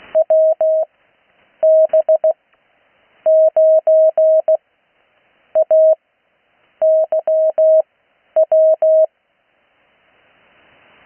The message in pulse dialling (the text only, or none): none